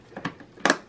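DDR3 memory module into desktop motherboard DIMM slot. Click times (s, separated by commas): 0.7 s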